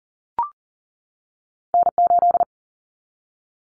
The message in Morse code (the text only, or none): N8